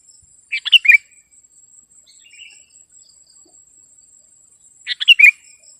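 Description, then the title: Sooty-headed bulbul song, two bubbly chirping phrases about four seconds apart, with a faint soft call between and a steady high whine. "kutilang"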